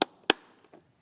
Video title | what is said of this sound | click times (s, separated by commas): HobbyMaker Live | it's still a good solid click. | 0.0 s, 0.3 s